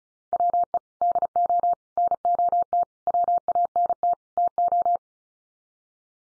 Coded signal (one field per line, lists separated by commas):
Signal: Morse code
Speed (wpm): 34 wpm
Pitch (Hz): 700 Hz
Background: none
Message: WE DO NOT WANT TO